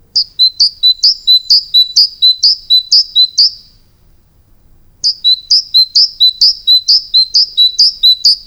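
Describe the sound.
Great tit song, a bright two-note see-saw phrase repeated several times, a short pause, then another run of the same phrases.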